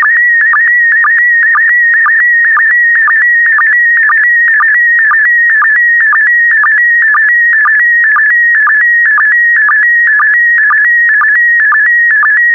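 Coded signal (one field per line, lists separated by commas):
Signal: SSTV (slow-scan television)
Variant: PD120 mode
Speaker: complete. You can now check your decoded image against the picture that is shown on the video.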